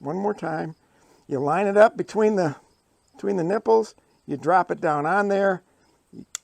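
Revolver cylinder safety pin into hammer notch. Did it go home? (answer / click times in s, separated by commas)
yes / 6.3 s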